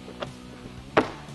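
A BAK Industries BAKFlip F1 hard folding tonneau cover is handled on the truck bed rails as its panels are unfolded so the latches can lock into position. Two sharp thunk hits, near 0.2 s and 1.0 s, sound over background music. Nothing has seated or clicked yet.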